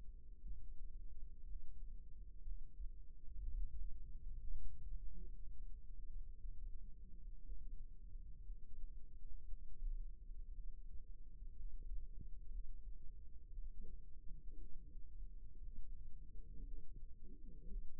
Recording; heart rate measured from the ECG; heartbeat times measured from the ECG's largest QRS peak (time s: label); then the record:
heart sounds by microphone in the right ear; 59 bpm
0.40 s: heartbeat
1.43 s: heartbeat
2.41 s: heartbeat
3.37 s: heartbeat
4.37 s: heartbeat
5.33 s: heartbeat
6.35 s: heartbeat
7.41 s: heartbeat
8.42 s: heartbeat
9.46 s: heartbeat
10.51 s: heartbeat
11.53 s: heartbeat
12.48 s: heartbeat
13.52 s: heartbeat
14.56 s: heartbeat
15.59 s: heartbeat
16.63 s: heartbeat
17.64 s: heartbeat
From the record:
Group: healthy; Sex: female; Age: 37 years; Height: 168 cm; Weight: 70 kg